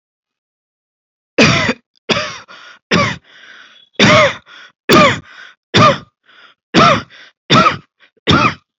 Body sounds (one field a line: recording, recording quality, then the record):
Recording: heavy voluntary cough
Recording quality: excellent, no background noise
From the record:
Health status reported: healthy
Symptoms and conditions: none ticked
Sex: female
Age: 38 years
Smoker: not ticked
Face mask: not worn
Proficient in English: yes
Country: India